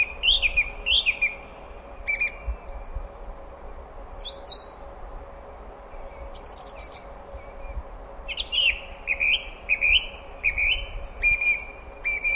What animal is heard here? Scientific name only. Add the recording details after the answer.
Turdus philomelos. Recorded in the wild. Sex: male. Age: adult. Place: Ehrwald, Wettersteingebirge, Tirol, AT. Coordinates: 47.4275, 10.9428. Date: 1962-04-22. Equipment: Stellavox SM 5, AKG D19-200, Vorverstärker, Original, Vollspur. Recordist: Tretzel, Erwin